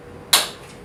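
A plastic connecting-pipe locking piece is pushed onto the frame of a mini split air conditioner indoor unit. A single loud, sharp click sounds at 0.3 s, then a brief decaying tail fades back to a quiet background. The locking piece is seated in place.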